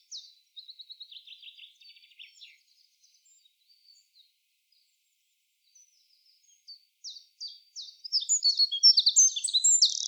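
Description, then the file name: Eurasian wren song: a faint high trill and scattered thin notes, then a loud burst of sharp, rapid high notes building toward the end. "Troglodytes troglodytes"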